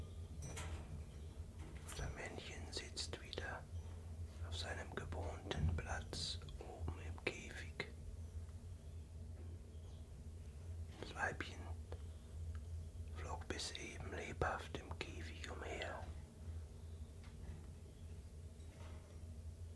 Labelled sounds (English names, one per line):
Common Chiffchaff